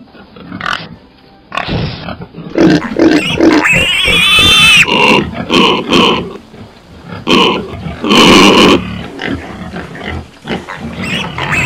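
A pig wallowing in mud and garbage in a house's living room grunts and squeals loudly in repeated bursts, with harsh low grunts broken by shrill, high-pitched squeals and snorts, no voices present.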